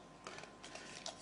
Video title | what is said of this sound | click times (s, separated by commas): Iomega Home Media Network Hard Drive Cloud Edition Review | and click into place so I've got a UK plug on there this is m mul voltage | 1.1 s